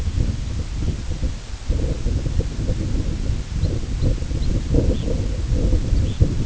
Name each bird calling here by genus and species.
Phalaropus fulicarius